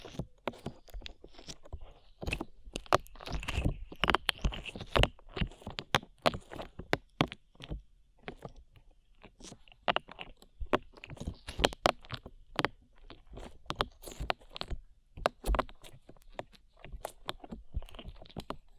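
Slime being squeezed and worked, producing a dense stream of sharp crackles, pops and crunchy clicks. The snaps come irregularly and rapidly throughout, some louder bursts standing out around the four-second mark and again near twelve to sixteen seconds, over soft quiet gaps.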